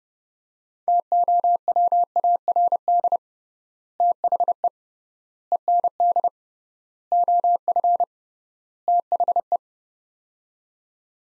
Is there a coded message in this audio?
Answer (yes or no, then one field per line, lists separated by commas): yes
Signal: Morse code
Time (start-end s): 0.9-9.6 s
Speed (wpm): 30 wpm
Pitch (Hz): 700 Hz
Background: none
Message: TOWARD THE END OF THE